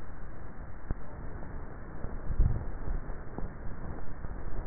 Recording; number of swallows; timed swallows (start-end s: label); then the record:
swallowing sounds by neck microphone; 1
2.25-3.08 s: swallow
From the record:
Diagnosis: dysphagia